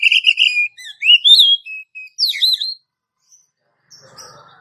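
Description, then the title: Oriental magpie-robin song: a run of bright, varied whistles, some upslurred, ending in quiet with faint scratchy noise. "Kacer"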